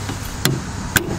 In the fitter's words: snaps into place